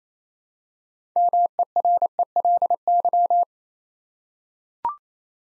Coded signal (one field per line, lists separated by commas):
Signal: Morse code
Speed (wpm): 28 wpm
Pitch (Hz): 700 Hz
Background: none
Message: MERELY